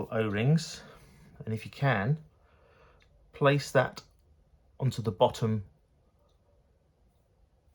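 A small plastic damper part is placed into its slot on the bottom of an RC car shock absorber for a Tamiya Delta Integrale XV-01 chassis, lined up before being clipped on. Someone talks throughout, with a faint handling tap at about 3.0 s. Nothing has seated or clicked yet.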